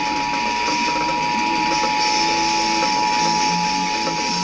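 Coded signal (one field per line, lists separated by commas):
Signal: Emergency Alert System (SAME) tones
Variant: 853 and 960 Hz attention tone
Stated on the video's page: EAS alert tone that chokes.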